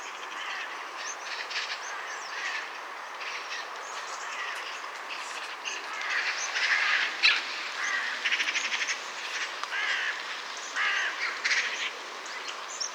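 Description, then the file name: Eurasian magpie harsh calls in broken rattling bursts, growing louder in the second half, with scattered sharp chirps. "Pica pica"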